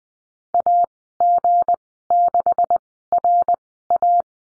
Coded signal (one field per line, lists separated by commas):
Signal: Morse code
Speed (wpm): 20 wpm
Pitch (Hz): 700 Hz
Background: none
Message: AG6RA